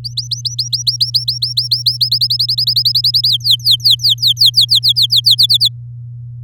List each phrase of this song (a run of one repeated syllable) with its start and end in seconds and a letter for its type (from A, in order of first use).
0.04-1.97 A, 2.00-3.28 B, 3.29-5.35 C, 5.38-5.69 D